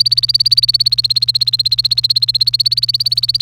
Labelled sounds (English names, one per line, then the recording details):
Domestic Canary song
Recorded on 1 May 2018 at 08:41
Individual llb3